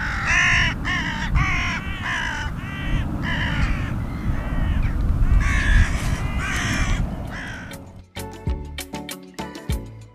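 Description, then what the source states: Carrion crow calling with a quick run of rough, hoarse caws for most, then the cawing stops and sharp clicking sounds take over. Completely black bird of farmland and grassland that also visits gardens for food; makes a hoarse cawing sound.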